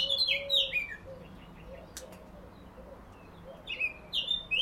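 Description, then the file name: Eurasian blackcap: short bursts of warbling song at the start and end, with faint lower notes in between. "Sylvia atricapilla"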